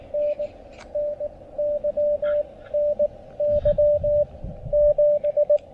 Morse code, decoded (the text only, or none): N N Y N Y 7